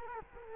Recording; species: mosquito wingbeat signal from an infrared sensor; Culex quinquefasciatus